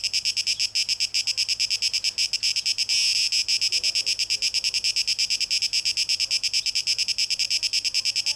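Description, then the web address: Cicada song, a dense high buzzing broken into rapid pulses, swelling briefly near three seconds, with faint low chirps underneath midway. Recorded 12 August 2023; tape echo mix. "rauschpartikel Audio 2023-08-12 Zikaden (Tape Echo Mix)"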